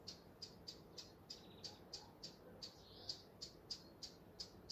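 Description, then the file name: A blackcap keeps up a regular ticking of short, stony tack calls, around three per second, with a soft high whistle-like note partway through. "Sylvia atricapilla"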